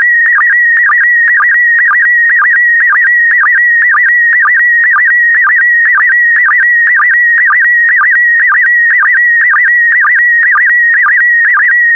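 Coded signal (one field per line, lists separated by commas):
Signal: SSTV (slow-scan television)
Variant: PD120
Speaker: complete. You can now check your decoded image against the picture that is shown on the video.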